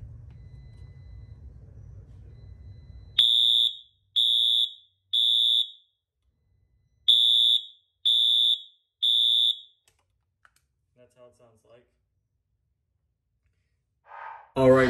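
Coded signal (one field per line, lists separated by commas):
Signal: alarm pattern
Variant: Wheelock multitone horn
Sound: shrill horn blasts: three half-second beeps, pause, three more, then another starts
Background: handling noise, low rumble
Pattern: temporal three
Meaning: Temporal-three pattern signals building evacuation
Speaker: So this is the code 3 horn of the Wheelock MT. We're gonna plug it in and see how it sounds like. That's how it sounds like.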